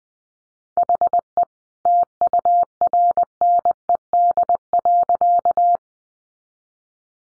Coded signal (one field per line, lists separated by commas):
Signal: Morse code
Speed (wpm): 20 wpm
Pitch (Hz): 700 Hz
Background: none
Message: HE TURNED.